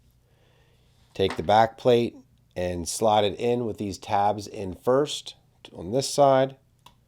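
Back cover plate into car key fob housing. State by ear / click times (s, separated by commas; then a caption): not seated / none. Someone talks while the plastic back cover plate of a Mercedes key fob is slid tabs-first into the fob housing over the new coin battery, with faint brief ticks near 6.8 and 6.9 s. The clip ends before the plate is pressed home, so nothing has seated or clicked yet.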